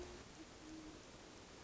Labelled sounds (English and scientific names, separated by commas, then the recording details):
Great Horned Owl (Bubo virginianus)
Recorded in Sonoma County, California